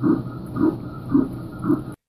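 Four steady whooshing thumps at about 110 a minute: an unborn baby's heartbeat picked up on ultrasound, a sign the baby is alive and growing.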